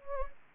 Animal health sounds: mosquito wingbeat signal from an infrared sensor; Anopheles gambiae

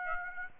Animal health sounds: mosquito wingbeat signal from an infrared sensor; Aedes aegypti

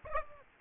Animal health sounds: mosquito wingbeat signal from an infrared sensor; Aedes aegypti

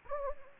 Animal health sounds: mosquito wingbeat signal from an infrared sensor; Anopheles gambiae

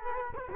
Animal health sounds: mosquito wingbeat signal from an infrared sensor; Culex quinquefasciatus

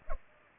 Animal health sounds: mosquito wingbeat signal from an infrared sensor; Culex pipiens

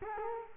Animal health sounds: mosquito wingbeat signal from an infrared sensor; Culex quinquefasciatus

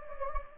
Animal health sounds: mosquito wingbeat signal from an infrared sensor; Anopheles gambiae

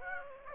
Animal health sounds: mosquito wingbeat signal from an infrared sensor; Aedes aegypti

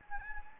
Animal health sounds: mosquito wingbeat signal from an infrared sensor; Anopheles gambiae

